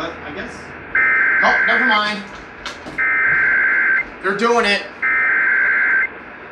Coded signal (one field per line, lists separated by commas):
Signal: Emergency Alert System (SAME) tones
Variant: header bursts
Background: speech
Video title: CHICAGO LOVES TORNADOES - EAS Alerts from 06/26/2021 (EAS #169-172)